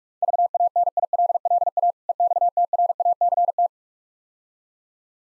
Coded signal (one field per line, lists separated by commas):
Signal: Morse code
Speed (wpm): 47 wpm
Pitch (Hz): 700 Hz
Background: none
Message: VANILLA EXTRACT